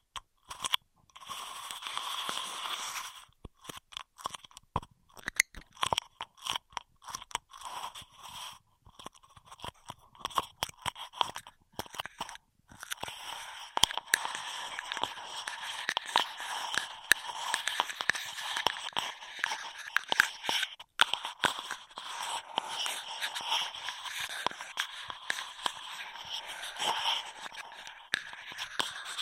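Straw triggers: dense crinkly crunching and scraping, bright and crackly, with rapid irregular clicks. The first half comes in short bursts separated by brief quiet gaps, then from about 13 seconds the rustling turns nearly continuous and busier until the end.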